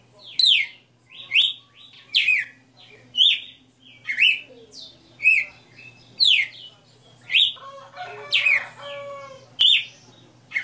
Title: Canto Galo Campina Fêmea. Galo de Campina 60 NOTAS Cantando